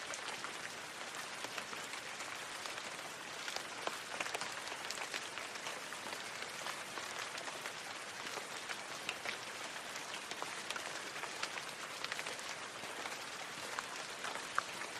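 Rain falls steadily throughout, a dense, even hiss concentrated in the upper and middle range with little low rumble. Countless tiny drop impacts crackle through it continuously, with occasional slightly sharper taps standing out, but the overall level barely changes from start to finish.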